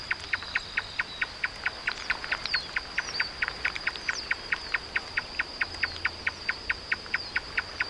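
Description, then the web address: Marsh tapaculo repeating short sharp notes in a rapid, even series, with a thin continuous high-pitched drone behind. "sound Marsh-tapaculo. صدای-پرنده-تپلک-ماندابی"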